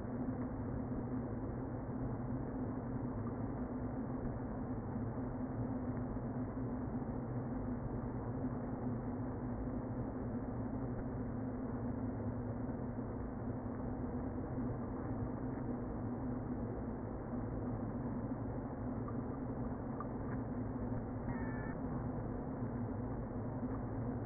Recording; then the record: honeybee colony, microphone inside the hive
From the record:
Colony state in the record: queen present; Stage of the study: before two queens were removed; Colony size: about 60,000 bees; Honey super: yes